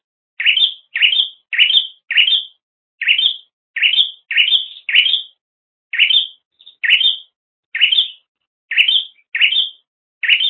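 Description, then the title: Bird chirping: sharp, bright chirps repeated in runs broken by brief gaps, over a quiet background. "kikicau"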